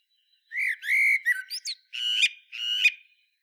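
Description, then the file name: Common blackbird song phrase: two clear whistled notes, a brief chattering flourish, then two longer, slightly rising fluty tones. "Turdus merula"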